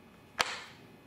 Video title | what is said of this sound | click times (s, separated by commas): TCS Presents: Taking Out The Bow - Step by Step | move it just click it over and I hear a clicking sound | 0.4 s